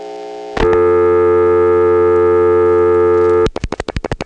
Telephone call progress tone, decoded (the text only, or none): dial tone